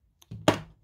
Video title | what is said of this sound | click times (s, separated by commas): Pearson Custom Little Chief cut test results!!!(nitro v) | But it don't have like a standard, I guess it does, there's your click. | 0.5 s